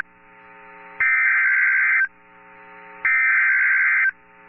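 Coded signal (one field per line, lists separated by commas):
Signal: Emergency Alert System (SAME) tones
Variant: header bursts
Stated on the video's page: Severe thunderstorm warning from the National Weather Service in Mobile, Alabama, broadcast as an emergency alert.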